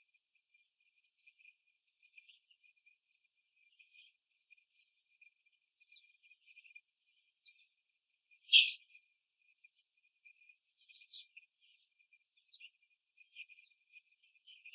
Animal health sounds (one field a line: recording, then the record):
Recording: young laying hens in a cage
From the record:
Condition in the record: before the stressor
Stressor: simulated dog barking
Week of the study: 3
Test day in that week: 1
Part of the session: 1